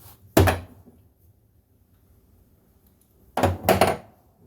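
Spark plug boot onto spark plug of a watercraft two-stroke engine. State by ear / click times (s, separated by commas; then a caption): seated / 0.4 s, 3.7 s. Rubber spark plug boots are pushed onto the spark plug tips of a rebuilt two-stroke engine on a 1996 Sea-Doo GTI personal watercraft, before its first start. A sharp snap is heard at 0.4 s as the first boot seats, followed by a second snap at 3.7 s as the next boot seats. Both boots are seated.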